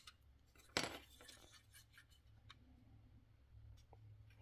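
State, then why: Seated. A small plastic piece is pushed down into a rebuilt Whirlpool dryer timer and turned slightly until it seats on the right section of the cam wheel. A sharp plastic click is heard at 0.8 s, followed by faint handling noise and a low background hum, and the piece is seated.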